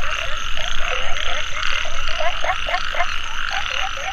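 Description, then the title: Frogs calling in a fast chorus of brief croaks, about four per second, over a continuous high buzzing background. Frogs calling in a mountain valley at dusk; field recording. "傍晚山谷里的蛙和鸟齐鸣 声谷"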